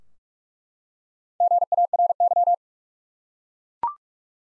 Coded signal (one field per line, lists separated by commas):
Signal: Morse code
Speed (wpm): 43 wpm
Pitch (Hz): 700 Hz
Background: none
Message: GARY